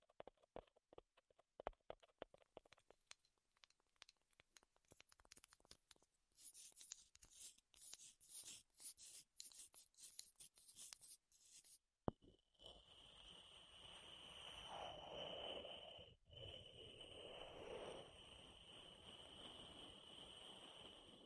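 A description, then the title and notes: Wood triggers begin as a string of sharp clicks and taps, fast and uneven, for the first few seconds, then turn into bursts of scraping and rubbing in short strokes. After about twelve seconds a steady, dense rustling hiss takes over with a high ringing tone, swelling twice. ASMR Wood Triggers in Your Ears (No Talking).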